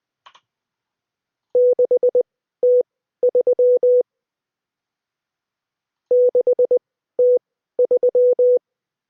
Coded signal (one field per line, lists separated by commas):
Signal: Morse code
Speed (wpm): 20 wpm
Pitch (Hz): 500 Hz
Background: none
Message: 6T3 6T3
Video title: Me sucking at solving morse code